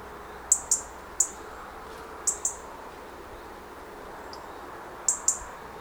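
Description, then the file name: European robin calls as scattered, very high, sharp ticks, mostly single or paired, about seven notes in all. "Erithacus rubecula"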